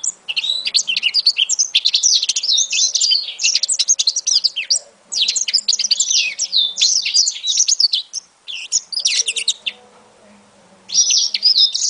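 African citril singing long bursts of quick, high twittering notes and trills, separated by short pauses, with a final burst after a brief quiet gap.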